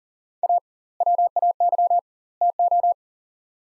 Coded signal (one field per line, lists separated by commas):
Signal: Morse code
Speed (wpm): 40 wpm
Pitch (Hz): 700 Hz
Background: none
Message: A WAY TO